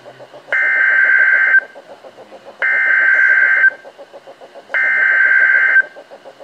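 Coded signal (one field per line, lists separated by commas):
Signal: Emergency Alert System (SAME) tones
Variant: header bursts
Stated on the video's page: Severe thunderstorm and tornado warnings recorded live from NOAA Weather Radio, issued by the NWS in Ruskin, Florida.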